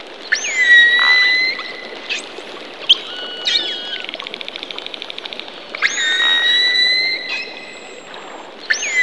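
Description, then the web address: Dolphin whistles, high and sweeping upward in bright bursts, with a quick buzzing click train in the middle, over a constant watery hiss. Underwater. "Zero-G Ambient 1 SUB AQUEOUS DOLPHIN"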